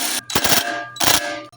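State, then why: Stripped. A battery impact gun drives out a Torx screw on top of the cylinder of a Redmax backpack blower engine, next to the spark plug. Hammering rattles start sharply at 0.3 s and come again at about 1.0 s, ringing briefly after each burst. The Torx screw heads get stripped out because the gun applied too much power.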